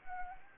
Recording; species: mosquito wingbeat signal from an infrared sensor; Anopheles gambiae